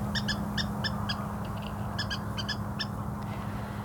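A water rail calling in reedbeds: clusters of short, squeaky high-pitched notes in two bursts separated by a brief pause, heard over a steady low hum.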